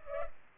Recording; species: mosquito wingbeat signal from an infrared sensor; Culex pipiens